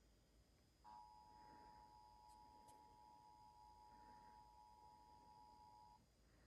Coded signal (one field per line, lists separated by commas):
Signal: Emergency Alert System (SAME) tones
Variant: 853 and 960 Hz attention tone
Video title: EAS: Tennessee February 2023 Required Monthly Test (02/07/23-02/08/23) (WNAB)